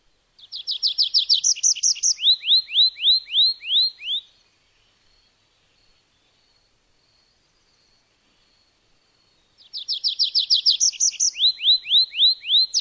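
Bird song: a fast, high trill of bright notes breaks into a series of downward-slurred chirps, about four seconds long; the phrase comes again after a quiet pause.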